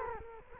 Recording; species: mosquito wingbeat signal from an infrared sensor; Culex quinquefasciatus